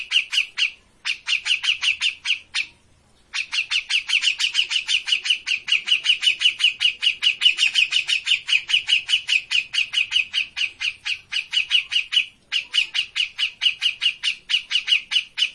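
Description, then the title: Grey-cheeked bulbul pouring out long, dense strings of fast bright chirps, broken by a couple of short pauses. Bird-training master recording of an actively singing (gacor) cucak jenggot. "Cucak Jenggot Gacor. Masteran burung cucak jenggot ! Suaka burung"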